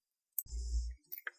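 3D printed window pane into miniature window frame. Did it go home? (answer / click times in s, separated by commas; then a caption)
yes / 0.4 s. A 3D printed pane of transparent filament is pressed into a miniature window frame and snaps into place with a sharp, crisp click at 0.4 s. A low rumbling hum follows until about 1.0 s, then a few quieter ticks come around 1.1 to 1.3 s. The pane is seated in the frame.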